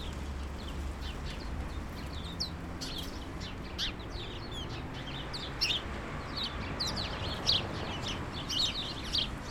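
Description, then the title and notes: Sparrows chirping in a scattered chorus, short bright chips overlapping irregularly, over a steady low rumble of background noise. Countless sparrows gathered in a hedge, attracted by birdseed balls hung by residents; Urbanstraße, January 17, 2009. "urbanstraße: spatzen in einer hecke - the city, the country & me: sparrows in a hedge. unzählige spatzen, angelockt von meisenknödeln, die von anwohnern in einer hecke angebracht wurden countless sparrows attracted by birdseed balls in a hedge the city, the country & me: january 17, 2009"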